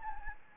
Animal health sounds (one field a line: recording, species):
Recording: mosquito wingbeat signal from an infrared sensor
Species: Anopheles gambiae